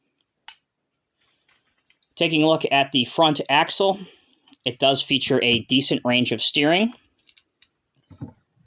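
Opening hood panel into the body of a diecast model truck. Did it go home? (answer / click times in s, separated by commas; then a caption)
yes / 0.5 s. The opening hood panel of a 1:50 scale Diecast Masters Western Star 49X tridem heavy haul tractor diecast metal model is pressed closed into the truck's body. It snaps shut with a sharp click at 0.5 s, with a few faint ticks after it. Then someone talks, followed by more light clicks near the end.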